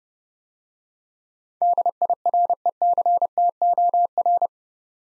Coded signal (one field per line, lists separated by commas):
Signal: Morse code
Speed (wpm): 30 wpm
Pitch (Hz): 700 Hz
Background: none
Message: DIRECTOR